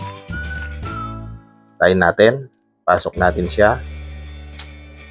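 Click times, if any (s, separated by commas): 4.6 s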